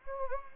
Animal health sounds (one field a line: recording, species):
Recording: mosquito wingbeat signal from an infrared sensor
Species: Anopheles gambiae